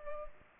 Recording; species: mosquito wingbeat signal from an infrared sensor; Culex pipiens